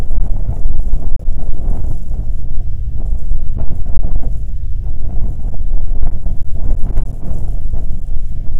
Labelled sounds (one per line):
wind